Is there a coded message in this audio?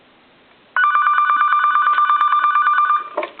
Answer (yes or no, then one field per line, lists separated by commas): no